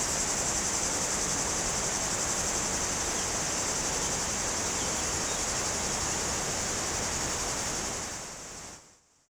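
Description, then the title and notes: Cicadas buzz continuously in a shrill, even drone over rushing river water, and both sounds fade out at the very end. Cicadas very active in trees on a hot day, slopes of the Grand Colombier above Culoz, France, near the Jourdan river. "Chem. de Romagnieux, 01350 Culoz, France - Rivière et cigales. Sur les pentes du Grand Colombier au dessus de Culoz , par cette chaude journée les cigales sont très actives dans les arbres près du Jourdan"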